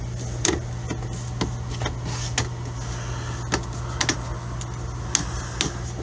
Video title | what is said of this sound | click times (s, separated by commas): Laptop screen replacement / How to replace laptop screen DELL Inspiron 15-7559 (P57F002) | around the edges so this snaps back into place nice | 0.4 s, 2.4 s, 4.0 s, 5.1 s, 5.6 s